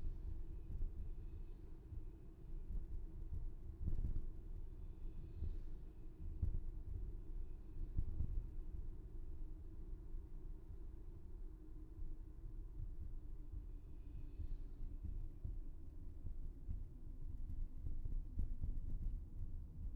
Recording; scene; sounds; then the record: everyday scene through a hearing-aid microphone; in a vehicle; engine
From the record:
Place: VW T5 Caravelle, diesel engine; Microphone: behind the ear, left, front